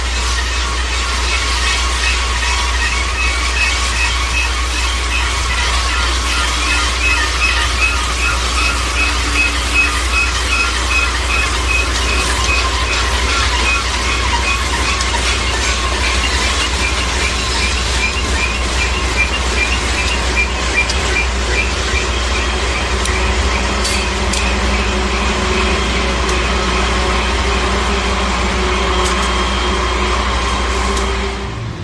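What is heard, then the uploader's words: A train runs along the tracks with a constant deep rumble and a dense rattling clatter that stays steady from start to finish. Rhythmic metallic clicking and squealing ride over the roar, with a few brief sharp screeches near the end. Train On Tracks.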